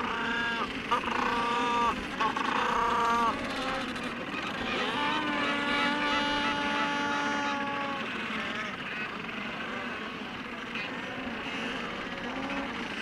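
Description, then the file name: Black-browed albatross courtship calls, choppy harmonic cries early, then a long, even, drawn-out braying note, set against a busy background chorus. Courtship display (parade) of black-browed albatrosses. "Albatros sourcils noirs - parade"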